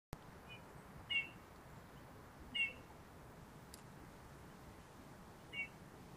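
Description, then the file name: Eurasian bullfinch calls, three soft low piping notes given singly, about one and a half seconds then three seconds apart, with a faint steady background hiss. "Pyrrhula pyrrhula"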